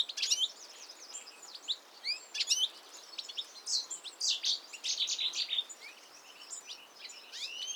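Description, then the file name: European goldfinch calls: a busy, liquid twitter of high chirps and quick rising notes, nearly continuous for several seconds, with steady background hiss. "Carduelis carduelis"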